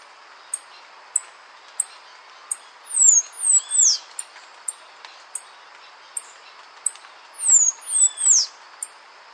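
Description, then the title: Half-collared sparrow calls: high, thin tick notes spaced evenly, broken by two bursts of clustered, sharply falling whistled notes. "LuckyPassaro Completos2Sama. Half-collared Sparrow (Arremon semitorquatus)"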